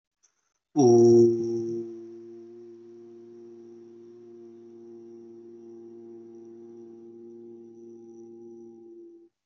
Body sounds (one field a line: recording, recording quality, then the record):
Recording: sustained vowel as in boot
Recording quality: excellent, no background noise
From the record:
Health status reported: healthy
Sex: male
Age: 23 years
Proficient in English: yes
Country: India